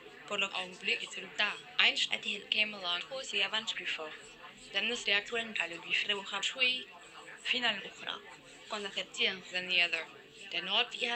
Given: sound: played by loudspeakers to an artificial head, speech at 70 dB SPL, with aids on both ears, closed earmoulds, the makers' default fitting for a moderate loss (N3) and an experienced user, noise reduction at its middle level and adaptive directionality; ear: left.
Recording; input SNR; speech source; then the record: speech test signal (ISTS) in cocktail-party noise; -3 dB; in front (0 degrees)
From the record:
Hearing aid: class 1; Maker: I